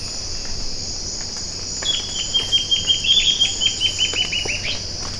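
Bird calls in a quick run of short, sharp, high notes lasting about three seconds, over a constant high droning background.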